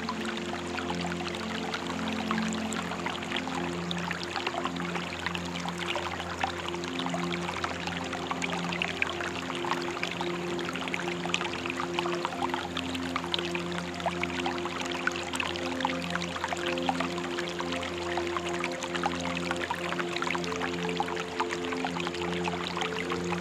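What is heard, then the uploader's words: A stream rushes steadily through the woods, a dense, even spatter of water filling the upper range without pause. Beneath it, soft sustained tones of meditation music hum low and hold long, slowly shifting chords that swell and fade across the whole stretch. Calming Meditation Music with River Sounds. The peaceful sound of a stream deep in the woods quietly rushing by as the calming sound of ambient meditation music swirls in the background.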